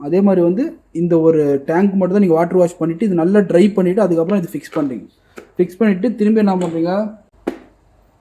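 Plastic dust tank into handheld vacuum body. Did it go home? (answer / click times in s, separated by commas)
yes / 7.5 s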